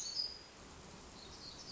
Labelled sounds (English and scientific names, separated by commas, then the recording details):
Black-throated Gray Warbler (Setophaga nigrescens)
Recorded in Sonoma County, California